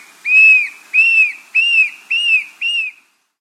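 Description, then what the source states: Tufted antshrike giving a series of five loud, clear arched whistles, each rising then falling, spaced roughly every half second and fading slightly toward the end. South America.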